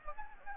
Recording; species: mosquito wingbeat signal from an infrared sensor; Anopheles gambiae